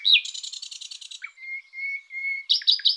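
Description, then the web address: Common nightingale singing: a fast, rattling burst of repeated notes, then long, even, pure whistled notes, ending in harsh, chattering phrases. "Luscinia megarhynchos"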